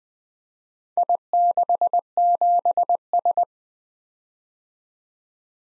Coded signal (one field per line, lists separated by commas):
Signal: Morse code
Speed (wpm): 20 wpm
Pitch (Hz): 700 Hz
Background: none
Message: I67S